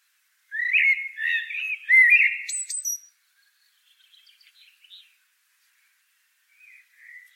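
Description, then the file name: Common blackbird song: a mellow fluted warbled phrase with a high squeak, followed by soft, faint twittering. "Turdus merula"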